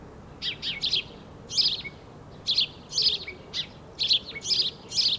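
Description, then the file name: House sparrow giving short, clipped chirps, often doubled, repeated at irregular intervals of about a second. "Passer domesticus"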